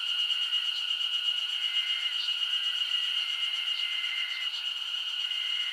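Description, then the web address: Insects in a dense summer chorus: a steady high shrill drone with a lower continuous hum beneath, and short whistled notes breaking in now and then. Summer insect ambience recorded in Japan. "Sound Effects-Foundation 1 AMBIENCE JAPANESE SUMMER INSECTS 01"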